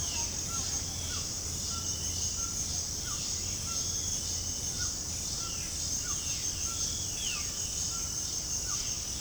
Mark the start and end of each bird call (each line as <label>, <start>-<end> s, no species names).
bird call, 0.00-3.80 s
bird call, 4.78-9.20 s